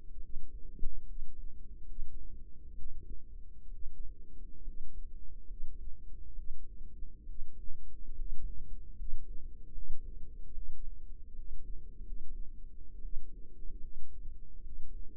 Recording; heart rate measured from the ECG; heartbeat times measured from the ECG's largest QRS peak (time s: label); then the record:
heart sounds by microphone in the right ear; 71 bpm
0.16 s: heartbeat
1.02 s: heartbeat
1.82 s: heartbeat
2.71 s: heartbeat
3.66 s: heartbeat
4.60 s: heartbeat
5.43 s: heartbeat
6.31 s: heartbeat
7.22 s: heartbeat
8.12 s: heartbeat
8.92 s: heartbeat
9.71 s: heartbeat
10.50 s: heartbeat
11.32 s: heartbeat
12.00 s: heartbeat
12.97 s: heartbeat
13.77 s: heartbeat
14.59 s: heartbeat
From the record:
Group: healthy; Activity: rest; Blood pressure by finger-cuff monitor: 140/86 mmHg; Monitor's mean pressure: 101 mmHg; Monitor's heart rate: 70 bpm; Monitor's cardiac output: 6 L/min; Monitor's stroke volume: 86 mL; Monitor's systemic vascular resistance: 1250 dyn s/cm5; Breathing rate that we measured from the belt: 16 breaths a minute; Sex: female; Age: 22 years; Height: 171 cm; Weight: 65.6 kg